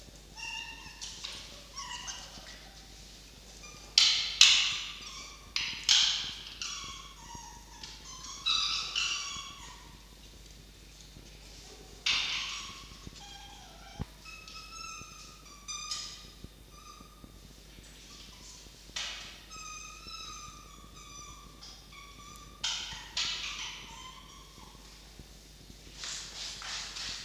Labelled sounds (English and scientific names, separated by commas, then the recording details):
Red Fox (Vulpes vulpes)
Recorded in captivity
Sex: diverse
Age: juvenile
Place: Zoologisches Institut der HUB, Berlin, DE
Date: 1953-06-30 13:10
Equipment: Elmetra
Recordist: Tembrock, Günter